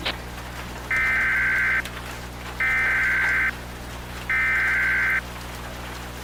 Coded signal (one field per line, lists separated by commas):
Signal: Emergency Alert System (SAME) tones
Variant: header bursts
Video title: EAS Scenario: Terrible Tuesday